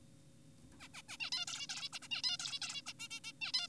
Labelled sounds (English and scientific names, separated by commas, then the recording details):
Zebra Finch (Taeniopygia guttata)
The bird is an adult
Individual g4p5U